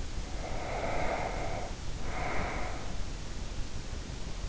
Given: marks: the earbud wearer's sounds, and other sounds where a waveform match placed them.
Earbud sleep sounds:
sounds in sleep by an in-ear microphone; breath
0.07-3.29 s: breath

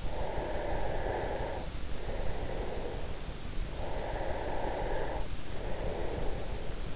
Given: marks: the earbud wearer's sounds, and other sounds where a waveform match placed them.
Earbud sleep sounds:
sounds in sleep by an in-ear microphone; breath
0.07-3.06 s: breath
3.76-6.96 s: breath

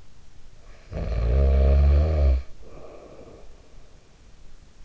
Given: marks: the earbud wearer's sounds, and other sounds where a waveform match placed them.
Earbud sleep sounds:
sounds in sleep by an in-ear microphone; snoring breath
0.07-4.47 s: snoring breath

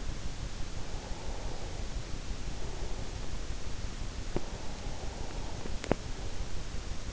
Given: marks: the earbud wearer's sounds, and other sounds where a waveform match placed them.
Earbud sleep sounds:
sounds in sleep by an in-ear microphone; breath, teeth grinding
0.58-3.77 s: breath
3.96-6.37 s: teeth grinding
4.03-6.89 s: breath

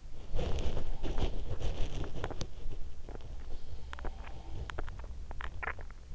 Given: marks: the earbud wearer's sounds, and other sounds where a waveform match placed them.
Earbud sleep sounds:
sounds in sleep by an in-ear microphone; body movement, teeth grinding, swallowing
0.14-6.15 s: body movement
2.13-2.83 s: teeth grinding
2.97-3.32 s: swallowing
3.87-5.56 s: teeth grinding
5.57-6.06 s: swallowing

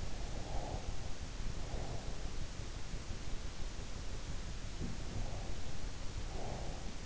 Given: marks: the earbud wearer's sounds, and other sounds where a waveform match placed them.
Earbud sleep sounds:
sounds in sleep by an in-ear microphone; breath
0.01-2.55 s: breath
4.63-7.06 s: sound from someone else or the room
5.05-7.06 s: breath

